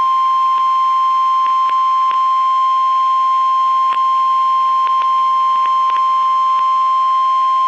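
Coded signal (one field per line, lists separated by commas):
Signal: Emergency Alert System (SAME) tones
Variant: 1050 Hz attention tone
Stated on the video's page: Received on NOAA Weather Radio transmitter KEC56.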